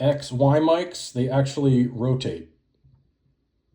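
Someone talks for about 2.5 seconds while handling the rotating XY microphone capsules on the mic head of a Zoom H8 handheld audio recorder, turned to change the stereo spread, followed by near silence with a few faint soft sounds. Nothing has clicked into its detent yet.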